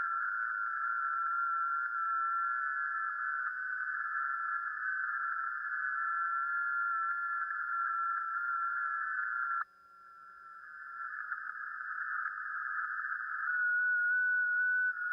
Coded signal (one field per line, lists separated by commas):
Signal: FT8